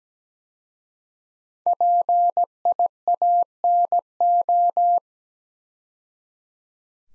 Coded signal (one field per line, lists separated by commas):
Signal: Morse code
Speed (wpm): 17 wpm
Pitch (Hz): 700 Hz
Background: none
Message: PIANO